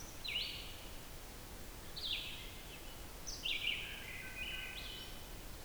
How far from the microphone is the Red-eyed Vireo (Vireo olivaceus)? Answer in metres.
about 45 m